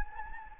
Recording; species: mosquito wingbeat signal from an infrared sensor; Anopheles gambiae